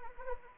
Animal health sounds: mosquito wingbeat signal from an infrared sensor; Anopheles arabiensis

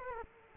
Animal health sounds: mosquito wingbeat signal from an infrared sensor; Culex quinquefasciatus

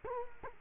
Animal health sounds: mosquito wingbeat signal from an infrared sensor; Culex quinquefasciatus

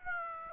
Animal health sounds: mosquito wingbeat signal from an infrared sensor; Aedes aegypti

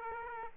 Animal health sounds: mosquito wingbeat signal from an infrared sensor; Aedes aegypti

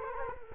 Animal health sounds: mosquito wingbeat signal from an infrared sensor; Culex quinquefasciatus

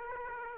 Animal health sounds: mosquito wingbeat signal from an infrared sensor; Aedes aegypti

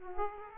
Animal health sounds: mosquito wingbeat signal from an infrared sensor; Aedes aegypti

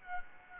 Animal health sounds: mosquito wingbeat signal from an infrared sensor; Aedes aegypti

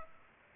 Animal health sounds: mosquito wingbeat signal from an infrared sensor; Culex pipiens

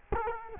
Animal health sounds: mosquito wingbeat signal from an infrared sensor; Culex quinquefasciatus

